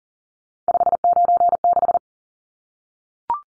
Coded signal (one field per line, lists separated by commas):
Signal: Morse code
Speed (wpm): 40 wpm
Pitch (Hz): 700 Hz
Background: none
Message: 596